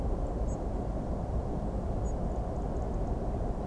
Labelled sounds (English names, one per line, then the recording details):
Song Thrush
European Robin
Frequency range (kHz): Song Thrush 6.7-8.3 kHz; European Robin 5.5-8.5 kHz
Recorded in France